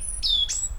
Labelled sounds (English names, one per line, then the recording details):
Stitchbird song
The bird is a male
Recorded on Tiritiri Matangi Island, New Zealand, in 2005
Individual 12, of nest box 16